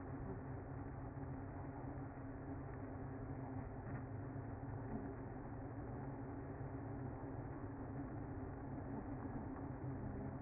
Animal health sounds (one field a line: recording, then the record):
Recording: honeybee colony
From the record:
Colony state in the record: active